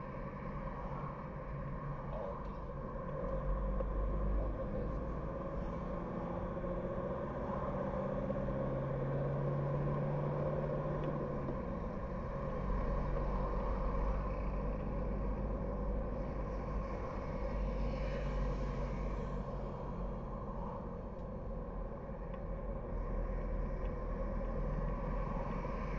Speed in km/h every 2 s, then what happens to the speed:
34, 32, 33, 39, 46, 48, 49, 50, 51, 48, 46, 43, 43.
4-15 speeds up to 51. 15-22 slows to 43.